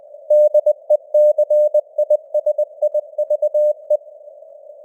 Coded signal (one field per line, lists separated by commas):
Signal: Morse code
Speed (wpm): 20 wpm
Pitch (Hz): 600 Hz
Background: none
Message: DECISIVE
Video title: Morse Code News | 2025-12-18 | 20wpm